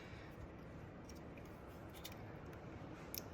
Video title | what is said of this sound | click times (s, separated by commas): VW MK8 Grounding kit. | Clicks in, you should hear a click. | 3.2 s